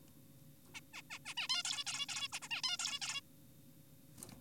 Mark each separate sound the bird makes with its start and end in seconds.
0.75-0.80, 0.94-1.02, 1.10-1.19, 1.26-1.34, 1.37-1.48, 1.50-1.63, 1.65-1.84, 1.87-2.06, 2.09-2.28, 2.33-2.40, 2.42-2.48, 2.51-2.62, 2.64-2.77, 2.79-2.99, 3.02-3.21